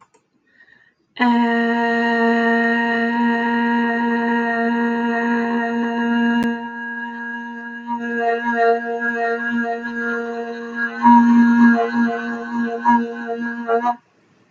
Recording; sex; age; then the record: vowel held as long as possible; female; 30 to 39 years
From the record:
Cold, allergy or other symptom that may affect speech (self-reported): no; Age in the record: 37 years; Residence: California, United States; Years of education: 16